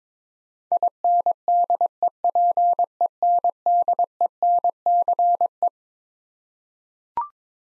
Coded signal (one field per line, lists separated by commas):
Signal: Morse code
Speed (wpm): 22 wpm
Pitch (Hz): 700 Hz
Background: none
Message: INDEPENDENCE